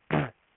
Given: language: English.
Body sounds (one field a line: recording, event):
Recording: throat vibration sensor signal played as sound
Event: throat clearing